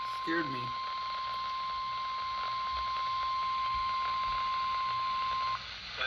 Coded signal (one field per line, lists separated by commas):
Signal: Emergency Alert System (SAME) tones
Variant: 1050 Hz attention tone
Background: speech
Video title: Land of the Floods - EAS Alerts from 8/12/24 - 8/19/24 (EAS #1261 - 1279)